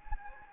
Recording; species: mosquito wingbeat signal from an infrared sensor; Anopheles gambiae